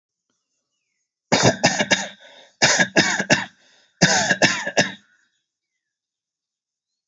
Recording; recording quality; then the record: shallow voluntary cough; excellent, no background noise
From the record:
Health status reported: healthy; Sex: male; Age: 30 years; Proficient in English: yes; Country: India